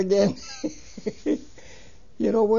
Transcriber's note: he laughs